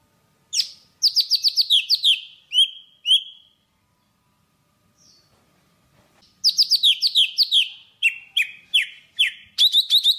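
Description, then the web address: Java sparrow song in two bursts of quick, repeated chirps and falling whistles, separated by a silent gap of about three seconds. "tieng chim thanh tuoc hot. tieng dong vat"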